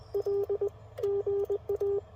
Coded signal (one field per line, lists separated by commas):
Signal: Morse code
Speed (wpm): 20 wpm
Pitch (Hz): 400 Hz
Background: none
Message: L GA